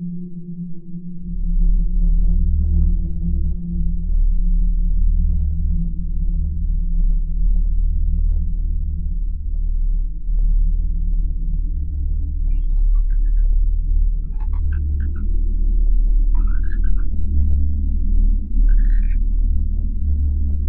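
An exoplanet ambience built on a deep, steady rumbling drone that swells in after the first second and holds with a layered low hum above it. From about halfway on, short warbling creature-like calls break in every couple of seconds.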